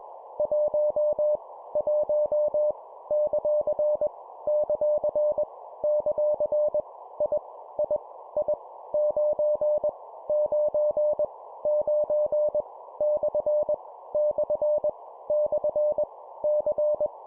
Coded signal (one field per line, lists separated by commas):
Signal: Morse code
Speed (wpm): 21 wpm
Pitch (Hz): 600 Hz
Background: none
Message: 1 1 ; ; ; I I I 9 9 9 / / / C